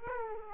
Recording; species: mosquito wingbeat signal from an infrared sensor; Aedes aegypti